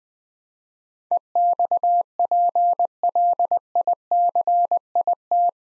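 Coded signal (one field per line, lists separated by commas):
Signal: Morse code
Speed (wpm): 21 wpm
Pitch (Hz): 700 Hz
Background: none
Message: EXPLICIT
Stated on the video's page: Morse practice at 20 wpm sending 8-letter words for head-copy training.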